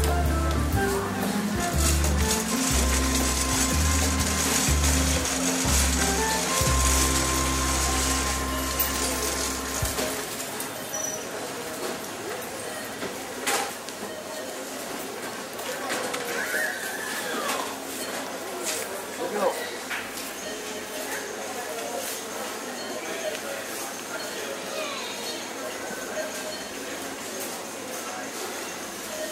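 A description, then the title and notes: Shop ambience opens with a loud, deep droning hum that shifts in steps and cuts off at about ten seconds. After that a quieter bed of murmured voices remains, with scattered clinks and knocks, including sharper ones near 13 and 19 seconds. Shopscape.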